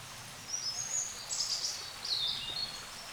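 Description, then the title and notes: Bird song as a brief stream of very high, thin whistled notes and trills running continuously over a steady hiss. Wild birds in forest along a small branch of the Dordogne at the exit of Carennac, France; recorded with a Zoom H5 and XYH-5 microphone. "Carennac - Oiseaux de la Dordogne. Oiseaux Loire forêt Carennac. A la sortie de Carennac, le long d'un petit bras de la Dordogne, les oiseaux dans la forêt"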